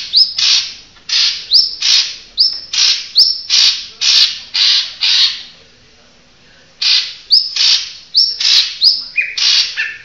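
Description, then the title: Oriental magpie-robin singing a fast string of harsh, ringing notes with rising whistled ends, a brief silence, then more phrases and lower whistles. Chirping song. "Kicau Kacer"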